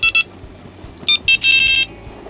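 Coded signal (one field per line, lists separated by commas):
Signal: beep code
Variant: Prologic SMX bite alarm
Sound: bright electronic bleeps: two quick, a pause, one, then a fast run of beeps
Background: faint background noise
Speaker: Et la plage la plus sensible, vous obtiendrez 4 bips.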